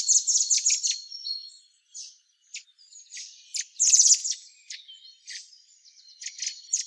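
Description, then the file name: Common blackbird calls: bursts of sharp, high scratchy notes in quick runs, with thin level whistled tones between, brief pauses, then another dense chattering burst. "Turdus merula"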